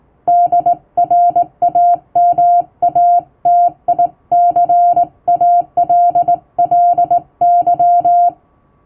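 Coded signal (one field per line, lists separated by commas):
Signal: Morse code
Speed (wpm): 19 wpm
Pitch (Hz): 700 Hz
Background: music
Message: DRAMATICALLY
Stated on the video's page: Hand-keyed plain-language international Morse for amateur receiving practice, sent by a first-class radiotelegraph operator using typing-test practice texts.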